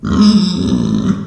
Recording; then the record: squeal of a Yucatan mini pig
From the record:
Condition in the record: after surgery on the right vocal fold (resection and tissue-engineered implant); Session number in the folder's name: 13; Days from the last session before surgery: 113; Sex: female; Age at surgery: 19 weeks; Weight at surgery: 25 kg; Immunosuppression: prednisolone